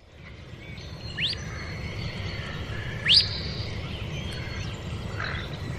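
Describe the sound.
Bird calling with quick rising whistles, two upswept notes nearly two seconds apart, over low background noise.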